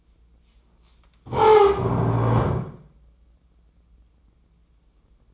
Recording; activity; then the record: daily activity, microphone in the room; stand up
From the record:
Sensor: 1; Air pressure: 996.0 hPa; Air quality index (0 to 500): 237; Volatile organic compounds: 1000 ppm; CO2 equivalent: 6892 ppm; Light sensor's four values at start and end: 35/86/37/44 and 34/82/36/43